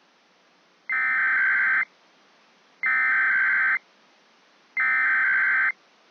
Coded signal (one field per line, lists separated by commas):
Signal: Emergency Alert System (SAME) tones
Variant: header bursts